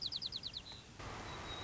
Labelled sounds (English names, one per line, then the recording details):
White-crowned Sparrow
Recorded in Sonoma County, California